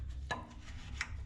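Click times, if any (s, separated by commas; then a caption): 0.3 s, 1.0 s. A radiator cap with a half-broken locking tab is turned onto the filler neck of a Kubota B7100 tractor radiator, with sharp clicks at 0.3 s and 1.0 s over a low background rumble. One side catches under the neck lip, but the other side does not lock in, so the cap only partly seats.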